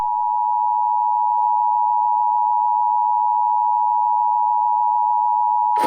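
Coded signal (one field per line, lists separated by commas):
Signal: Emergency Alert System (SAME) tones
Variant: 853 and 960 Hz attention tone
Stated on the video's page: Fictional analog-horror EAS scenario about a Skynet AI.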